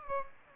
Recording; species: mosquito wingbeat signal from an infrared sensor; Aedes aegypti